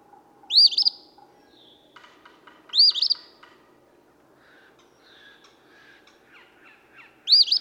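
Eastern phoebe song: three raspy two-part phrases at irregular gaps, with softer chirps and a low steady hum beneath.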